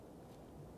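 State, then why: Not seated. A new passenger-side camshaft position sensor for a 2005–2021 Nissan Frontier 4.0L V6 is being handled and lined up to push into its wiring harness electrical connector, which has a plastic locking clip. Only a steady low, rumbling background noise is heard, with no sharp transients. Nothing has clicked or seated yet.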